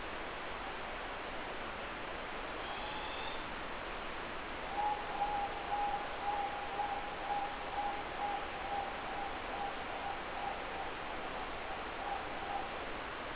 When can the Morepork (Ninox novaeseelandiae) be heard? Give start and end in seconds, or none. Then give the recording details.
2.50-3.69, 4.59-13.01. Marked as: faintness 3/5. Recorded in New Zealand. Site Eglinton